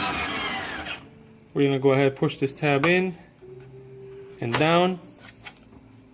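A plastic tab on the basket is handled against the metal bracket of a vending machine belt assembly, to be pushed in and down until it snaps into place. Someone talks over a brief broadband rustle at the start and a quiet low hum. Nothing has seated or clicked yet.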